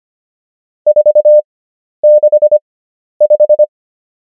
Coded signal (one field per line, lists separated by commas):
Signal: Morse code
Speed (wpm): 25 wpm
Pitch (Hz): 600 Hz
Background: none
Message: 465